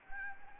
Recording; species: mosquito wingbeat signal from an infrared sensor; Anopheles gambiae